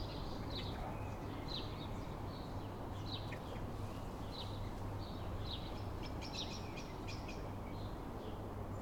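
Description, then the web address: Sparrows chirping in short, bright bursts scattered throughout, over a steady low rumble of street traffic. Sparrows on a town street on a calm afternoon, with traffic. "Systematic-Sound - General Ambience Series – Towns Villages 01 AMB TOWN Street Calm Afternoon Sparrows Traffic"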